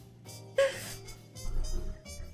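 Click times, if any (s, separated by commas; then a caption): 0.6 s. A plastic leg part of an RG 1/144 Gundam Epyon model kit is forced by hand into its leg frame over quiet background music. A single sharp snap at 0.6 s marks the part locking into place, finishing both legs.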